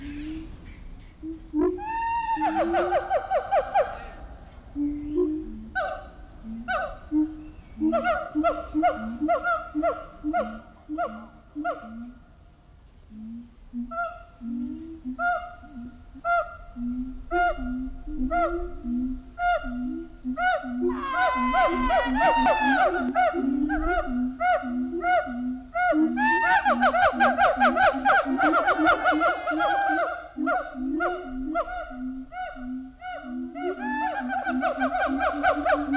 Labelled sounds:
Siamang call
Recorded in captivity
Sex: diverse
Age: adult
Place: Zoo Berlin, Berlin, DE
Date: 1994-04-06 10:10
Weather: wolkig bis heiter, 20-27°C
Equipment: Marantz CP 430, Sennheiser ME 80, Kopie Uher Variocord 263
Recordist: Tembrock, Günter

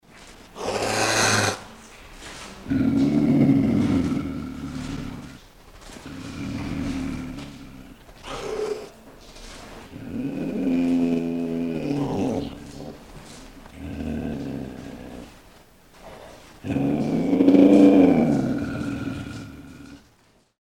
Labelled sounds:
Puma
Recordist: Tembrock, Günter
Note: Knurren und Fauchen eines Männchens

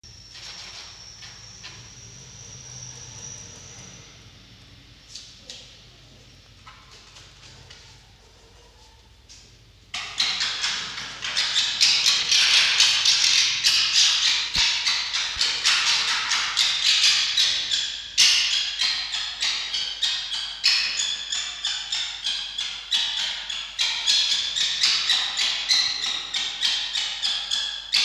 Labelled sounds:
Red Fox
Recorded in captivity
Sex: female
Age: juvenile
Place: Zoologisches Institut der HUB, Berlin, DE
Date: 1953-06-30 18:25
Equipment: Elmetra
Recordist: Tembrock, Günter

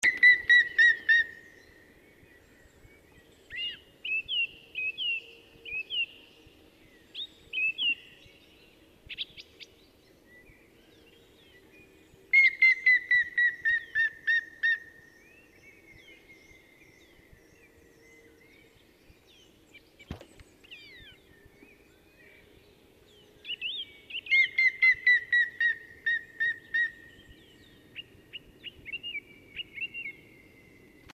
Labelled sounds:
Black Woodpecker call
Common Firecrest
Song Thrush
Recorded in the wild
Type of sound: call
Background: Regulus ignicapilla, Turdus philomelos
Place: Kaiserslautern, Rheinland-Pfalz, DE
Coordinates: 49.4266, 7.749
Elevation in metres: 295
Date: 1977-03-12
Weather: cloudy, cool
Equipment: Nagra IV, Sennheiser MKH 405, Parabolreflektor
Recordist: Tretzel, Erwin
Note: Wald, Kaiserslautern: Balz- und Flugrufe

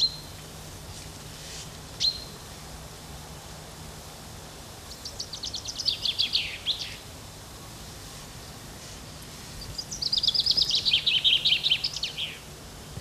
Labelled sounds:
Common Chaffinch song
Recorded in the wild
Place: Locarno, Tessin, CH
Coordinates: 46.1861, 8.79083
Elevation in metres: 974
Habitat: mountains
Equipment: Uher 4000 Report
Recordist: Tretzel, Erwin

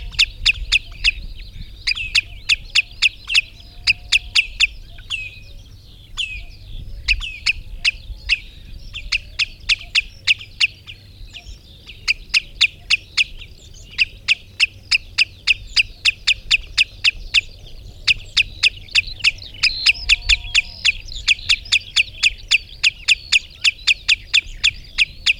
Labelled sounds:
Common Redshank call
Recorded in the wild
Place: Lieschow, Insel Rügen, Mecklenburg-Vorpommern, DE
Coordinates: 54.433, 13.172
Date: 1975-05-25
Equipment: Nagra III BH, Sennheiser MD 21, parabola
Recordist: Schubert, Michael

